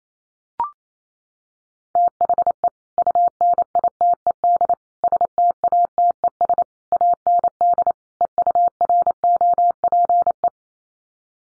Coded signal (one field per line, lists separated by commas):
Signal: Morse code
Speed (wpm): 28 wpm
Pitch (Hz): 700 Hz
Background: none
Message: THE UNITED STATES AND EUROPE